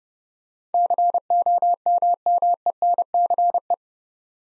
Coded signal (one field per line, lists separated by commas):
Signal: Morse code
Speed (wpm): 30 wpm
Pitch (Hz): 700 Hz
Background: none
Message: COMMENCE